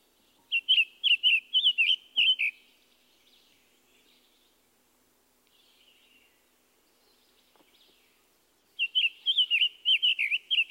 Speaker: Here once more are the song and call notes of the summer tanager.